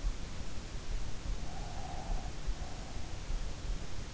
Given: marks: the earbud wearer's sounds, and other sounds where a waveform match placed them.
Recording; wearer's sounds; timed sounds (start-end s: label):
sounds in sleep by an in-ear microphone; breath
0.95-3.53 s: breath